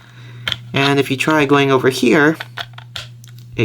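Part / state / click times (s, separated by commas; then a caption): disc piece in a puzzle track / seated / 3.0 s. Someone talks while sliding a plastic puzzle disc along its track to another position. There are small sliding clicks and taps as it moves, and the disc stops and clicks into place at 3.0 s.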